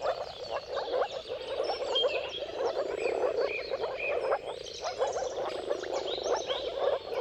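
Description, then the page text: Moor frog chorus of gurgling, muffled notes, while birds whistle and chirp in the background. Moor frogs in a chorus of mating calls at sunrise, at the turn of March and April depending on the weather. "Dawn’s Chorus: Mating Calls of Marsh Frogs at Sunrise. Depending on the weather at the turn of March and April, you can witness an amazing spectacle of moor frogs. Jakub-Orzecki moor frogs"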